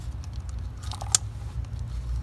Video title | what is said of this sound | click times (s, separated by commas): Replace Chevy Cruze Valve Cover/Gasket/PCV valve - 2011-2018 | push until we hear it click | 1.1 s